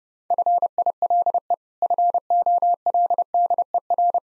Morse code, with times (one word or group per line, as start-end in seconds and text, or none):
0.3-1.5 FILE
1.8-4.2 FOLDER